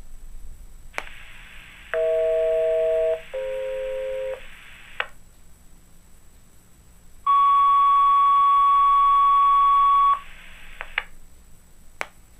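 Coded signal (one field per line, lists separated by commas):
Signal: two-tone page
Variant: Motorola Minitor III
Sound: two steady tones about a second each, a pause, then a three-second alert beep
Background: clicks, quiet room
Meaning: Test tones activate the pager, which then sounds its alert tone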